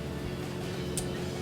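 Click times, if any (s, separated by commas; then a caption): 1.0 s. A second bulb socket is fitted into the plastic tail light housing of a set of smoked-lens LED tail lights for a 2016-2023 Tacoma. Over a steady low hum, a short, bright click sounds at 0.98 s as the socket seats in place.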